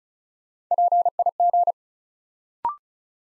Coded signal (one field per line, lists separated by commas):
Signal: Morse code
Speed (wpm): 35 wpm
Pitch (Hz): 700 Hz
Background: none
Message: PIG